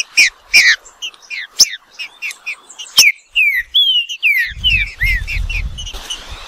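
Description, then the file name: Green-winged saltator song: sharp clicky notes at first, then a string of fluty downslurred whistles, with a soft low rumble late on. "canto do trinca ferro"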